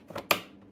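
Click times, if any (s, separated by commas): 0.3 s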